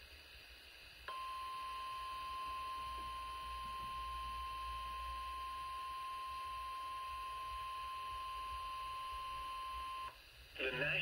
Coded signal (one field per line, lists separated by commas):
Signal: Emergency Alert System (SAME) tones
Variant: 1050 Hz attention tone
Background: speech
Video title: Severe thunderstorm Warning On NOAA Weather Radio